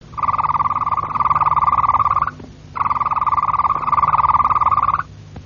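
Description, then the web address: Harz Roller canary song: two long, low rolling trills of rapid, even pulses, each lasting about two seconds, separated by a short pause. "canarios cantoharz"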